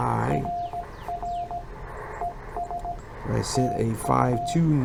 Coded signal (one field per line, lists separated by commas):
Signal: Morse code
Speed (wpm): 17 wpm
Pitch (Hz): 700 Hz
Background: speech, radio noise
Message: RR ES TU